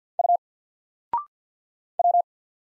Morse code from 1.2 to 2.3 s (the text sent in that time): W